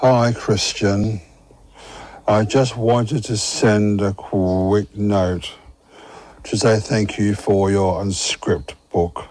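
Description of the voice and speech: Adult man with a stutter leaving a voice message, with long mid-phrase pauses and a stretched k sound: mild stuttering with blocks. His voice is powerful.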